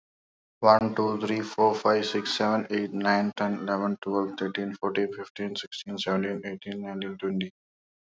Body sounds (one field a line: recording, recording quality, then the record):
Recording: counting at a fast pace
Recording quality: excellent, no background noise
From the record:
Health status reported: exposed to COVID-19, no respiratory illness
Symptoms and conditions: cold, sore throat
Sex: male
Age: 33 years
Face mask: not worn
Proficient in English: yes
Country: India